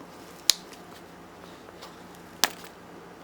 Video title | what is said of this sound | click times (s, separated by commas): TOPS/BUCK Nighthawk Knife Review | there, it's the fact that it just really, hear the positive snap? Okay. | 0.5 s, 2.4 s